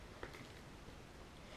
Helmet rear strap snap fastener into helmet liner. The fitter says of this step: snaps into place a little bit difficult because